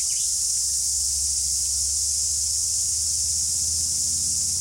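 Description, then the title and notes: Cicada chorus, a continuous bright, high-pitched buzzing wall of sound that stays steady for the whole stretch, over a soft low background hum. Cicada chorus, the summer song of the forest; river-flat native broadleaf forest with ferns, tree-ferns, lianas and epiphytes, nature reserve on the Pelorus river, top of the South Island, New Zealand; spring. "The chorus of cicadas is the summer song of the forest. BBC Countryfile Magazine's Sound Escapes"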